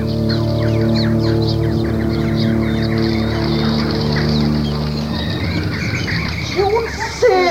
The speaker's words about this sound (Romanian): Fugiți! Păsările se apropie!